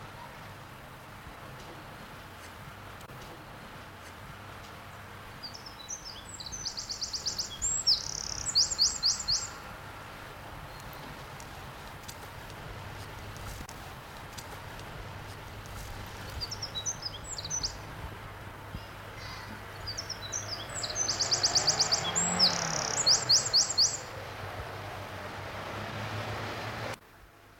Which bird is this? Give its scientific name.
Troglodytes troglodytes